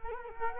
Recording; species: mosquito wingbeat signal from an infrared sensor; Culex quinquefasciatus